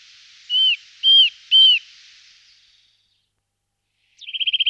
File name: Picchio muratore